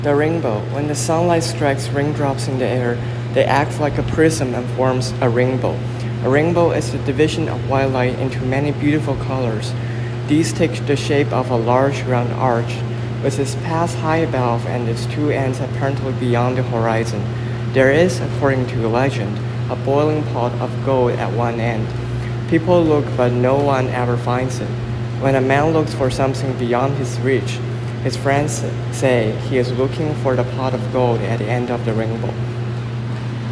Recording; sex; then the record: reading aloud after running; male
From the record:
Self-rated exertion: moderate exertion (3 of 6); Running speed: 8 miles an hour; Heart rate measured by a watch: 102 beats a minute at the start, 89 at the end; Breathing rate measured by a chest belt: 22 breaths a minute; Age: 24 years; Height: 175 cm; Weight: 56 kg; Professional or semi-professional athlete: no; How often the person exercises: over 5 times a week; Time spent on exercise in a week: over 5 hours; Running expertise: yes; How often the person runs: over 5 times a week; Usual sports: running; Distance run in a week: 60 km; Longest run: 43 km